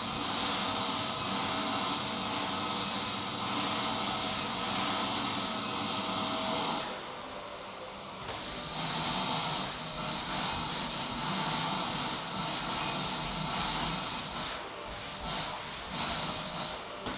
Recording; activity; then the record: daily activity, microphone in the room; vacuum cleaning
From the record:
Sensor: 3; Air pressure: 1010.2 hPa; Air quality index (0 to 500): 171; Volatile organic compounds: 10 ppm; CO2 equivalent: 2232 ppm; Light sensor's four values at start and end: 48/119/52/58 and 47/118/51/57